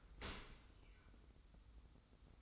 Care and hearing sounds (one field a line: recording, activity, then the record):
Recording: daily activity, microphone in the room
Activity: open dishwasher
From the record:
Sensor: 3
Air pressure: 990.4 hPa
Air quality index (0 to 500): 192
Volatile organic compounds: 1000 ppm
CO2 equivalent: 6286 ppm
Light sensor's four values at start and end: 34/81/33/31 and 34/80/33/31